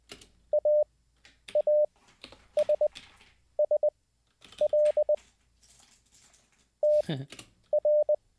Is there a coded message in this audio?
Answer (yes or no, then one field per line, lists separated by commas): yes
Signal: Morse code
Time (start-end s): 0.5-8.1 s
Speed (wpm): 20 wpm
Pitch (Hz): 600 Hz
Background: none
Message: AASSL TR